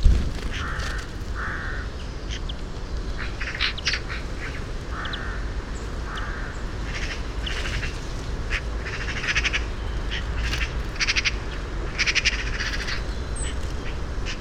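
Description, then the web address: Eurasian magpie giving harsh, hoarse squawks early on, then bursts of dry chattering notes, over a constant low background rumble. "SETE Pica pica"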